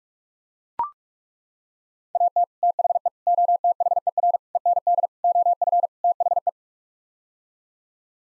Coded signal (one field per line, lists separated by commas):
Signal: Morse code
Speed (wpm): 41 wpm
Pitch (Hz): 700 Hz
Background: none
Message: AT THE OTHER END OF THE